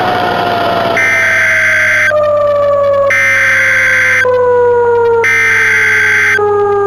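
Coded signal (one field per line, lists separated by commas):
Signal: Emergency Alert System (SAME) tones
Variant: header bursts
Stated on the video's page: Simulated mock EAS scenario with SAME tones, given a VHS effect.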